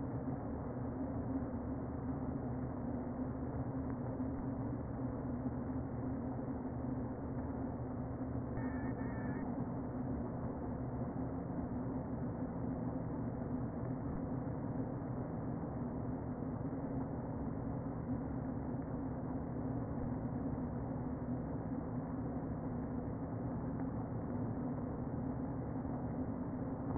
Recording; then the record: honeybee colony, microphone inside the hive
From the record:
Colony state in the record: queen present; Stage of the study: before two queens were removed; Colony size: about 60,000 bees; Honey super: yes